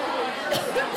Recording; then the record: coughing mixed with background sound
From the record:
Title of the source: Coughing Woman Sound - Woman Cough Sound Effect